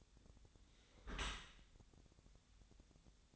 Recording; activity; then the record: daily activity, microphone in the room; close dishwasher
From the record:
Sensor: 3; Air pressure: 1006.7 hPa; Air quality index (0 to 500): 208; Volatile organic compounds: 19 ppm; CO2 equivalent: 2651 ppm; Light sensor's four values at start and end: 10/24/10/10 and 10/24/10/10